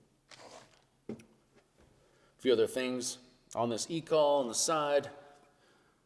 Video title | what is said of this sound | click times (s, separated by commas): Lucky Duck Super Revolt E-caller Unboxing and Setup | that lines up and it is magnetized so it will lock into place | 1.1 s